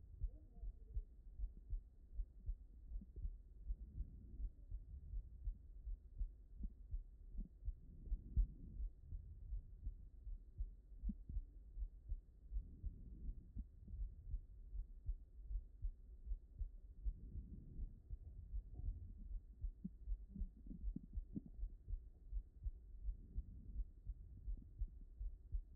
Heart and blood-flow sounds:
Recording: heart sounds by stethoscope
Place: mitral valve (MV)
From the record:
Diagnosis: non-HFrEF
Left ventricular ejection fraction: 74%

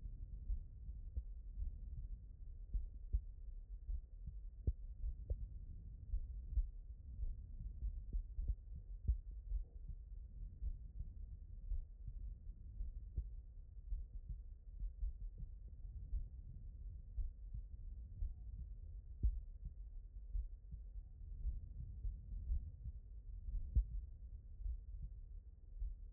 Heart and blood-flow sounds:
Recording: heart sounds by stethoscope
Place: aortic valve (AV)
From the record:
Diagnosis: non-HFrEF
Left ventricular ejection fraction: 62%

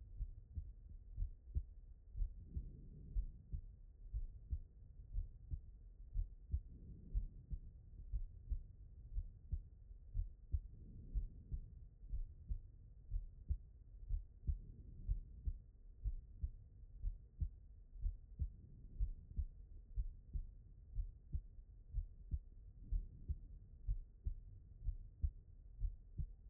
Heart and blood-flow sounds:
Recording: heart sounds by stethoscope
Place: pulmonary valve (PV)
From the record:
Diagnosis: non-HFrEF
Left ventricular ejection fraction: 68%

